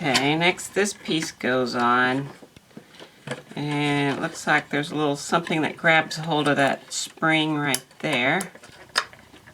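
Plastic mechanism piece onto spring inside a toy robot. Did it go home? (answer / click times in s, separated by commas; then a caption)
yes / 9.0 s. While reassembling a vintage Supersonic Tobor toy robot, someone talks as a plastic mechanism piece is pushed on so a small catch grabs hold of a spring inside. The piece snaps into place with a sharp click at 9.0 s and is seated.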